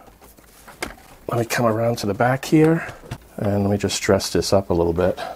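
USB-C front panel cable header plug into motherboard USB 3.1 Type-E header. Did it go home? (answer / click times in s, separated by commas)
yes / 0.8 s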